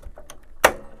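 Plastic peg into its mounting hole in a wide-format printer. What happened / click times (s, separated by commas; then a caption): A single snap as the peg went in, though not necessarily fully seated / 0.6 s. A plastic peg is pressed into its mounting hole in an HP Designjet 500/800 wide-format printer during a belt replacement aimed at clearing error 86:01. A few faint ticks are followed by one loud, sharp snap at 0.7 s that rings out briefly. The peg snaps in but is not fully seated, since it does not yet fill the hole completely.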